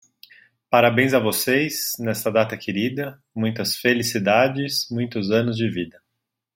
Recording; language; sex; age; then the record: short text; Brazilian Portuguese; male; 30 to 39 years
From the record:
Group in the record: control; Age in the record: 34 years